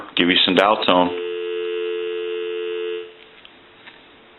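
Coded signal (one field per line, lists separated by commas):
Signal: telephone call progress tone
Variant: North America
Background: speech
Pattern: dial tone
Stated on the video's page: Tone heard during checkout and repair of a Western Electric Princess telephone.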